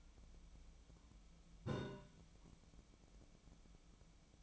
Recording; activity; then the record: daily activity, microphone in the room; take from stove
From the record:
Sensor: 1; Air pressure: 1010.0 hPa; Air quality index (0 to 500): 187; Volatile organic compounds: 17 ppm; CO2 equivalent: 2563 ppm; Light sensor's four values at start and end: 36/91/38/46 and 35/90/38/46